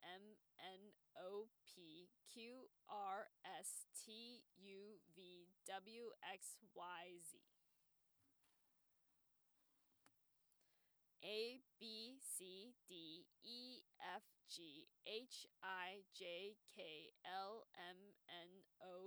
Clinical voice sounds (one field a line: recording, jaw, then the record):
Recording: letters of the alphabet, spoken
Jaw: free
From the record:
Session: first day, before the bite bar